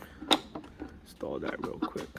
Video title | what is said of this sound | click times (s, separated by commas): GLOVEBOX REPLACEMENT on My 2000 MK4 Jetta 12V VR6 5 Speed Manual! | should just snap right in here. | 0.3 s